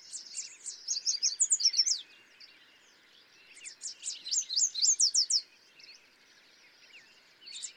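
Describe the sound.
Yellow warbler giving two fast, high, sweet phrases of repeated slurred notes, with a third starting at the end; other birds chatter softly throughout.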